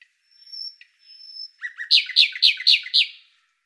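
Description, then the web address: Bird calls: a thin, steady high whistle, then several quick chirps that slide downward, given in a rapid, even burst. "Deverinetal 2025"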